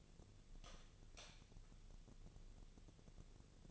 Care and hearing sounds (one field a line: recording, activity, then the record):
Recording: daily activity, microphone in the room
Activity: light on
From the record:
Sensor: 4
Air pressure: 1000.9 hPa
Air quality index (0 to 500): 124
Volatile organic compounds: 1 ppm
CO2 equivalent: 934 ppm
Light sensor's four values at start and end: 31/75/31/33 and 33/82/34/36